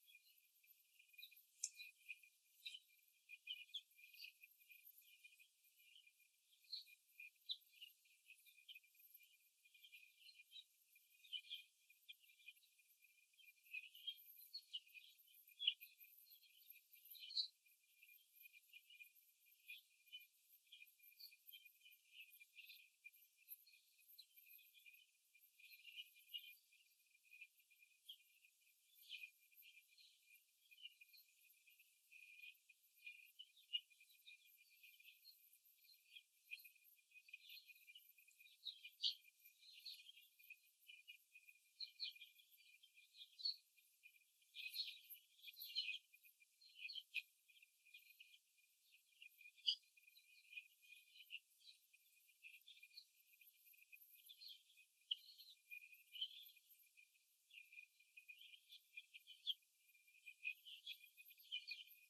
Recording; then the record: young laying hens in a cage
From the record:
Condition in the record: before the stressor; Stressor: simulated dog barking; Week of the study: 2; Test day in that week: 3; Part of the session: 4